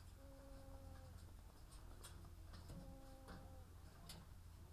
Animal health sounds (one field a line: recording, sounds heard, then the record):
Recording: poultry house recording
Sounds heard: sick chickens (respiratory disease)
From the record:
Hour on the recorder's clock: 14